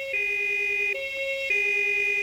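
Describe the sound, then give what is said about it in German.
An emergency vehicle siren blares in a two-tone pattern, switching between a higher and a lower pitch every second or so. The tones are steady, loud and bright, with no voices. “Als er die Sirene hört, fallen ihm die vielen Autounfälle unten an der Ecke ein.”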